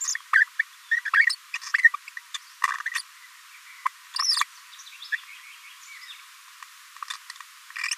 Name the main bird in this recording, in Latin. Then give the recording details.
Forpus passerinus. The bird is a male. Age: 24 days. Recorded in a nest box in Venezuela. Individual 17B42A3